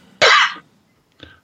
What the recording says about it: That was a cough. It sounded like a glitch. Like your operating system was updating.